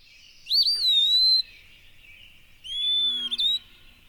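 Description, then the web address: Eastern wood-pewee giving two drawn-out, slurred whistled phrases, the second ending with an upward twist. "Know Your Bird Sounds Common Western Species 20-Eastern Wood-Pewee"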